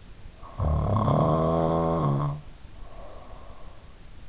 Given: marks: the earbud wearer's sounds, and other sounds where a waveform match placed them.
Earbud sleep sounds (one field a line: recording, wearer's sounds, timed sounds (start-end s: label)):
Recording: sounds in sleep by an in-ear microphone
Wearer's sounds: snoring breath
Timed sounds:
0.56-3.71 s: snoring breath